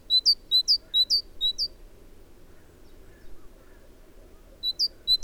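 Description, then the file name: Great tit repeating bright two-note phrases four times, pausing for a few seconds, then starting the same see-saw pattern again over a faint low rumble. "Parus major"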